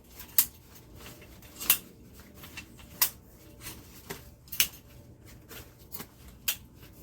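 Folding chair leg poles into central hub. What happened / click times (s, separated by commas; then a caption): A series of pole joints snapped into place one after another / 0.4 s, 1.7 s, 3.0 s, 4.6 s, 6.5 s. The leg and support poles of a CLIQ collapsible portable camping chair are snapped one after another into its plastic central hub. Sharp snaps ring out at 0.4, 1.7, 3.0, 4.6 and 6.5 seconds over quiet rustling. Each pole seats, and the chair ends up assembled.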